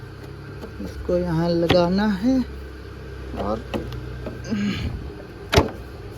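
Someone talks while handling the right side of a plastic radiator fan shroud of a Scorpio, positioning it onto its mounting lock because that side had not locked. Faint handling noises and brief knocks are heard, with a sharp tap near 5.6 s. The shroud is not yet home, and nothing has seated or clicked yet.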